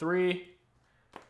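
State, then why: Seated. Someone talks as the third corner of a Bullstrap Contemporary full grain leather case with a polycarbonate shell underneath is pressed onto an iPhone 16 Pro Max. A short, sharp click is heard at 1.2 s as the corner snaps on and seats, part of a snug click-on fit at all four corners.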